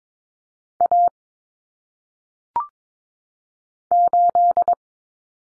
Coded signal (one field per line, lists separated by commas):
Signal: Morse code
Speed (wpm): 22 wpm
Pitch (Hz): 700 Hz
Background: none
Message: A 8